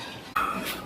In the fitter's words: இது ஒரு நல்ல விஷயம் ஏன்னா வீட்ல பசங்க இருக்காங்க அப்படின்னா கண்டிப்பா அது பாருங்க லாக் ஆயிடுச்சு